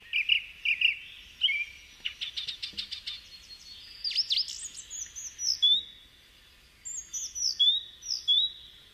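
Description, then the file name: Bird song: a varied run of high whistled slurs, short rapid trills and sharp downslurred notes, phrases separated by brief pauses. "preceded by birdsong"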